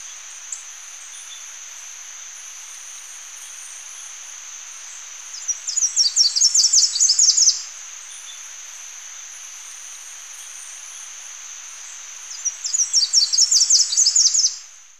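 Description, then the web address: Slate-throated whitestart song: two rapid, high chipping phrases, each lasting about two seconds, over a steady high insect whine. Recorded in Ecuador. "Natures Songs S America Birds of Ecuador Slate-throated Whitestart"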